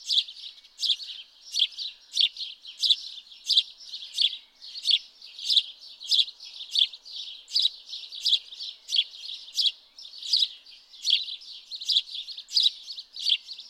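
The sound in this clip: House sparrow giving continuous chirps, sharp and slightly rasping, repeated about one and a half times a second without a break.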